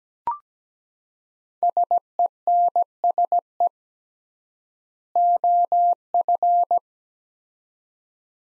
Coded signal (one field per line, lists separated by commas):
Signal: Morse code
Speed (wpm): 17 wpm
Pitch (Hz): 700 Hz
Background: none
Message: SENSE OF